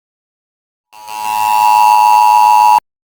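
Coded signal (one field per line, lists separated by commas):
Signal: Emergency Alert System (SAME) tones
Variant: 853 and 960 Hz attention tone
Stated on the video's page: Fictional EAS scenario, not a real alert.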